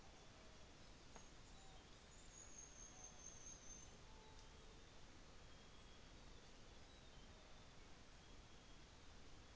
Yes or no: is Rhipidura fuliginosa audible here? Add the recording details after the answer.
yes. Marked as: faintness 2/5. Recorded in New Zealand on 24 December 2018. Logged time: 15:05